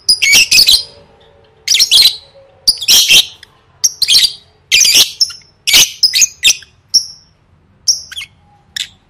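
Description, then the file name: Lovebird giving a series of harsh chattering squawks and short whistles, growing sparser and fading toward the end. "tieng vet mau don"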